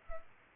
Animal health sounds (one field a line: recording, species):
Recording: mosquito wingbeat signal from an infrared sensor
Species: Culex pipiens